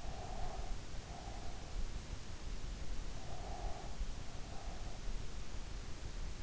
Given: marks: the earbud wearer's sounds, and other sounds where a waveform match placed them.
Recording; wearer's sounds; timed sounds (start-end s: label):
sounds in sleep by an in-ear microphone; breath
0.00-1.91 s: breath
3.16-5.06 s: breath